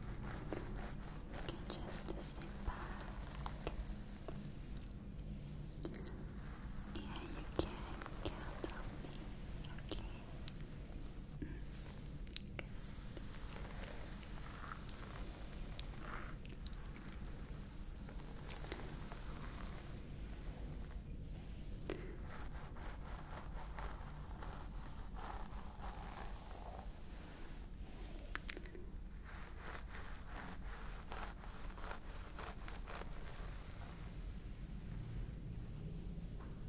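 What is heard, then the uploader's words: A scalp massage with steady rustling and scratching of fingers through hair, over a constant low hum, with brief sharper crackles scattered throughout. ASMR Stress Relieving Scalp Massage ASMR.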